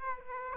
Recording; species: mosquito wingbeat signal from an infrared sensor; Aedes aegypti